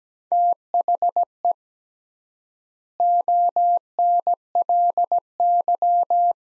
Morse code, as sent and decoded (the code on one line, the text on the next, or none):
- .... . / --- -. .-.. -.--
THE ONLY